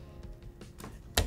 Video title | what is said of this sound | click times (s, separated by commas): The Barrett MRAD .308 Win Sniper Rifle | this housing just perfectly houses it and clicks right in. It's nice and secure. | 1.2 s